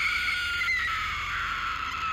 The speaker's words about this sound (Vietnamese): Cô gái vẻ mặt ngơ ngác trong giây lát, rồi lại ôm đầu hét lên một tiếng chối tai.